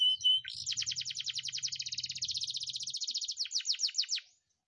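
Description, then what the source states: Canary song: a fast, even trill of sharp repeated notes, ending in a few slower notes, with a low hum under its first part. Canary singing in the cengkok mewah style.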